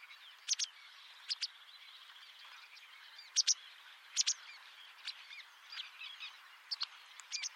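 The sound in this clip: White wagtail calls: sharp high two-note chips given at irregular intervals, with fainter, softer notes in between.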